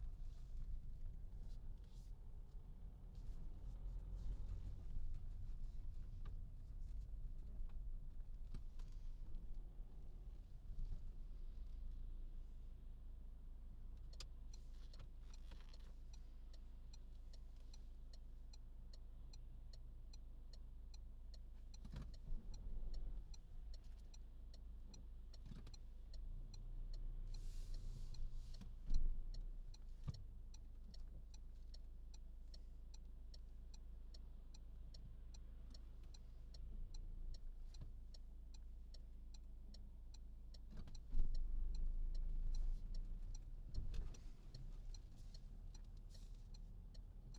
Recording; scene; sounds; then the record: everyday scene through a hearing-aid microphone; in a vehicle; engine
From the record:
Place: Berlingo II, diesel engine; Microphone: in the ear canal, left